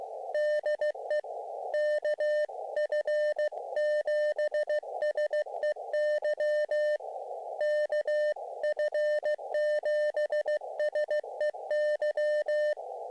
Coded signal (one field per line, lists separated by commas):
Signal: Morse code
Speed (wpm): 15 wpm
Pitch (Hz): 590 Hz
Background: radio noise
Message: DE KF7SEY KF7SEY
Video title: SOTA, Little Grass Mountain, Oregon coast range